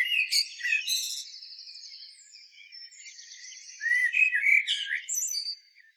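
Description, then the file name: Common blackbird song. High twittering and a thin trill come first, then a louder mellow warbled phrase. "Turdus merula"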